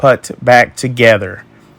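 The two plastic halves of a key fob shell for a 2011–2021 Dodge Journey are handled around the edge to close over the battery compartment after the coin cell is changed. Someone talks throughout, and no snap is heard. Nothing has seated or clicked yet.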